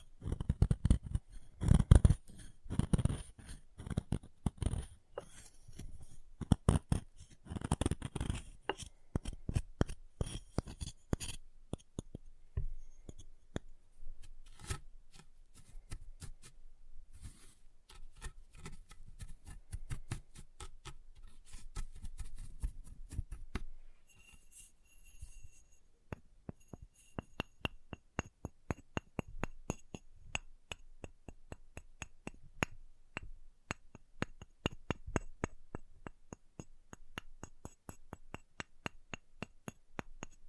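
Chalk being carved and cut, a run of sharp scraping clicks and crisp scratches repeating irregularly throughout. The opening ten seconds are busier and heavier, with low thuds under the scraping; afterward the strokes thin into lighter, brighter ticks and short rasps.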